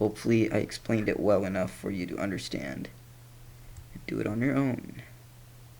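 During an iPhone 5 screen repair, the home button knob is being handled and pressed toward its spot in the phone's screen assembly while someone talks. A quiet pause follows with a faint tick near 3.8 s before the talking resumes. Nothing has seated or clicked into place yet.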